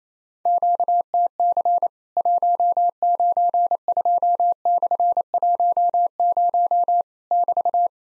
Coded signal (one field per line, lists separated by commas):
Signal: Morse code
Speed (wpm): 28 wpm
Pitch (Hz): 700 Hz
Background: none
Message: QTC 192/10 <BT>